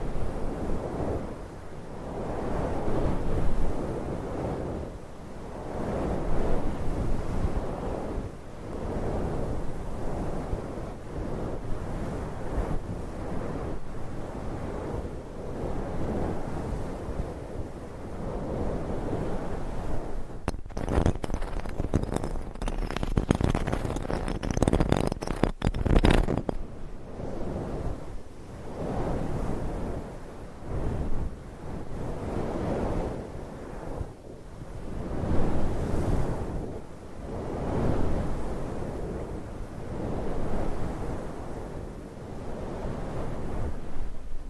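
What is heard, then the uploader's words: Nails scratch directly across a microphone in dense strokes that repeat every second or so, giving a rough, low, rumbling texture. Around the middle the scratching turns sharper and more crackly for several seconds before returning to the steadier rhythmic rasp. ASMR Mic Scratching - Brain Scratching with Different Nail Shapes No Talking.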